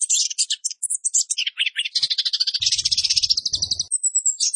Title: Anis Kembang Gacor. Masteran Anis Kembang materi Roll Speed